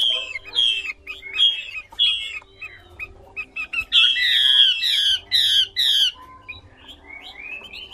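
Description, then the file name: Chinese hwamei song: loud, slurred whistled phrases given in bursts with brief pauses, then softer notes. Female hwamei singing. "Tieng chim hoa mi mai hot"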